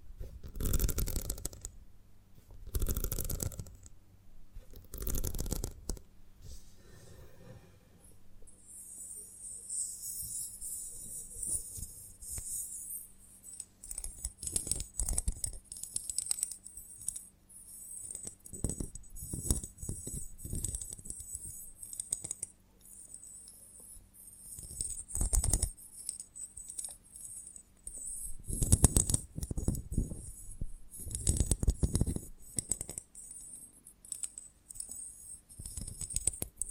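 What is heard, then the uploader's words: Sticky crackling and tapping on a honeycomb branch, with bursts of loud thumps near the start and around 25 and 30 seconds, plus faint high hiss. ASMR of a Honeycomb on Branch (No Talking).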